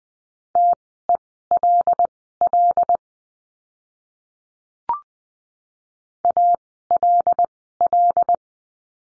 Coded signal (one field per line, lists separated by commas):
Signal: Morse code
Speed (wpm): 20 wpm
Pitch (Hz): 700 Hz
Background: none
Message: TELL ALL